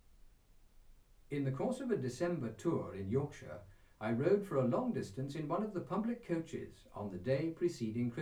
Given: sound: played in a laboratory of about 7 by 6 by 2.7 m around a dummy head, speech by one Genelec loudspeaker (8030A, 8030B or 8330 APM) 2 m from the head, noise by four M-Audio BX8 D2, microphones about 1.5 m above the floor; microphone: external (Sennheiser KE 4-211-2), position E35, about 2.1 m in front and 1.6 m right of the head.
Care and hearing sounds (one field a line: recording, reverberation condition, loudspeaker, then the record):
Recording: male speech in English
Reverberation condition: low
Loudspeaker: 90 degrees to the left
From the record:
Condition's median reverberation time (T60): about 310 ms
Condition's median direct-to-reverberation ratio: about 3.5 dB